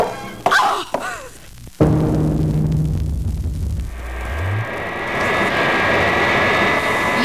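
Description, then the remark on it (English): A few sharp thumps and whooshes give way to the steady, loud roar of an airplane engine in flight, a dense drone with a thin high whine running through it. “You there in my plane, who are you?”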